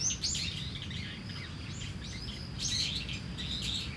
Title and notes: Kiyosumi garden, Tokyo, Japon - Starling in a tree. Starling singing in a tree, crickets, cars, helicopter, people passing by. Un étourneau chante dans un arbre